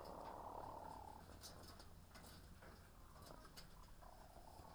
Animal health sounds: poultry house recording; sick chickens (respiratory disease)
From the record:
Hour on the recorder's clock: 16

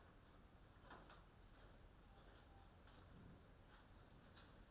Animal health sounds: poultry house recording; no chicken sound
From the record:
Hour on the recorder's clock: 21

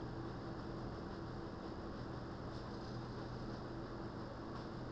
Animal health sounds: poultry house recording; no chicken sound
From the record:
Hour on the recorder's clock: 21

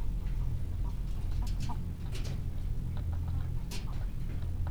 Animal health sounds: poultry house recording; sick chickens (respiratory disease)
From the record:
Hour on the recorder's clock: 17

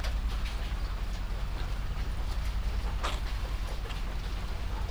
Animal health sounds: poultry house recording; sick chickens (respiratory disease)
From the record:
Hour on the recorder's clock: 19

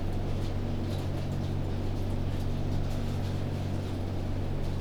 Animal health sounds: poultry house recording; no chicken sound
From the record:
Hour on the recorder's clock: 23

